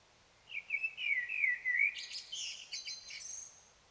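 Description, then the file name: Common blackbird song: a clear, flowing, whistled phrase dipping and rising, then a thin, high, sibilant twitter at the end. "Turdus merula"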